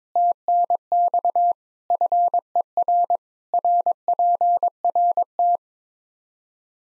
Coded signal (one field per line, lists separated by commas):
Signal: Morse code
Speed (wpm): 22 wpm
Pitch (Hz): 700 Hz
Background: none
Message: TNX FER RPRT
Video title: Practice QSO - Complete One-Sided - 22wpm